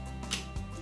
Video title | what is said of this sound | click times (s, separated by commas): Drive Nitro 3-Wheel Rollator - Product Overview | you hear a little snap and that way you know it's locked back in place | 0.3 s